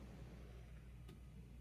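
A Beeman-specific pellet magazine slides tightly into the breech of a 2000 PSI Beeman Chief II air rifle over a steady low hum. It clicks into place with a short, sharp click at 1.1 s, and the magazine is seated.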